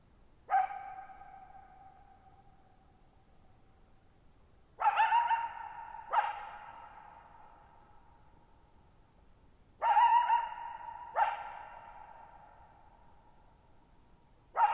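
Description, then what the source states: Coyote barking, several sharp harmonic barks, often in pairs, at irregular intervals of a few seconds, each trailing into long echoes in a quiet open setting. Lone wild coyote calling at night, July 14, 2019, Thirtymile Meadows, Okanogan National Forest high country, Pacific Northwest, 1950 m, dry plateau meadow bowl with boggy ground, long natural reverberation.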